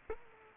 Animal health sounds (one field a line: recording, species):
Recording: mosquito wingbeat signal from an infrared sensor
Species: Culex quinquefasciatus